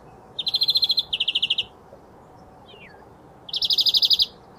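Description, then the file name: European greenfinch calls: two linked rattling trills, a quiet gap, then another fast trill of repeated chipping notes, with soft hiss behind. "Chloris chloris"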